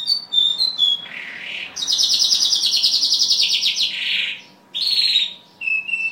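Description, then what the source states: Bimaculated lark singing a varied phrase of high whistles, a long rattling trill and buzzy notes, with brief pauses between parts. Recorded in Afghanistan.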